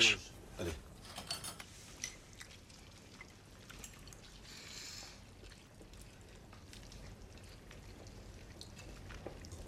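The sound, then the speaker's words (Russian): Liquid pours steadily into a glass with a continuous trickling, splashing hiss, preceded by a few sharp clinks and bumps at the start. “Налью я, потому что в прошлый раз ты разбил 2 стакана.”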